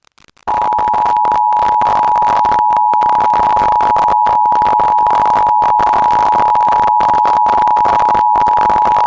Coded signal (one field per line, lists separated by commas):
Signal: Emergency Alert System (SAME) tones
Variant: 853 and 960 Hz attention tone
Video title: National EAS Test Roundup - 8/11/2021 Minneapolis/St. Paul [AUDIO FIX REUPLOAD]